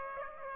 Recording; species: mosquito wingbeat signal from an infrared sensor; Aedes aegypti